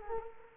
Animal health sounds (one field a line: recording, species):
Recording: mosquito wingbeat signal from an infrared sensor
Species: Culex quinquefasciatus